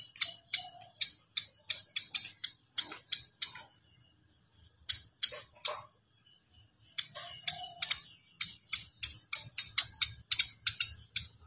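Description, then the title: Plain prinia song as rapid trains of crisp, high clicking notes, broken by pauses midway, then a denser run toward the end. "Ciblek Sawah"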